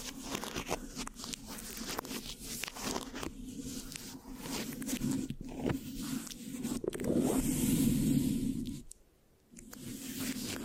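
Mic scratching with a sticky, crackly texture: dense rubbing and scraping over a low steady hum, broken by frequent short taps and clicks. The scratching swells louder and brighter around seven to nine seconds, then drops to near silence briefly before resuming.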